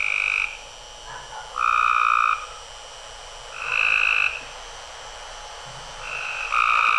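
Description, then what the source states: Frog calls: several loud, short squawking notes with quiet gaps between them. Recorded by listener Gary Hunter outside his home within Lufkin city limits, Texas, at 7:30 p.m. on a Sunday night; the squawk resembles a wild turkey's yelp.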